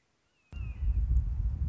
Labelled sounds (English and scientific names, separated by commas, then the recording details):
Red-shouldered Hawk (Buteo lineatus)
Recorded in Sonoma County, California